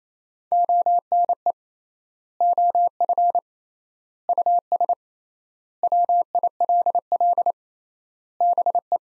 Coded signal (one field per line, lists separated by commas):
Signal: Morse code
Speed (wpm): 28 wpm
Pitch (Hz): 700 Hz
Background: none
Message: ONE OF US WILL BE